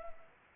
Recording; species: mosquito wingbeat signal from an infrared sensor; Anopheles arabiensis